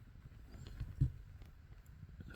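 A part is handled and lined up under a car seat with one hand before being pushed home. Only small taps and knocks are heard, with a stronger low thump around 1.0 s. Nothing has seated or clicked yet.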